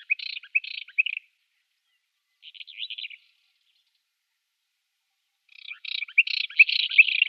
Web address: Schulze Peter Eastern Orphean Warbler song